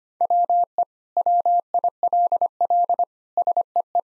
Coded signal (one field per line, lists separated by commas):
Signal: Morse code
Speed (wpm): 25 wpm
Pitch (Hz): 700 Hz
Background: none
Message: WE WILL SEE